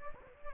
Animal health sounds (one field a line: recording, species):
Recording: mosquito wingbeat signal from an infrared sensor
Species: Anopheles gambiae